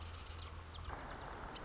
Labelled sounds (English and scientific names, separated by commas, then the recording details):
Marsh Wren (Cistothorus palustris)
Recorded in Sonoma County, California